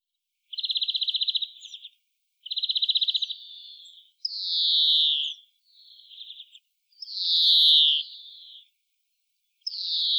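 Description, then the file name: European greenfinch alternating dry rapid trills with drawn-out wheezy, buzzy notes, a steady run of calls with nothing else audible. "Chloris chloris"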